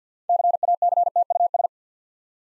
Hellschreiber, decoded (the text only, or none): none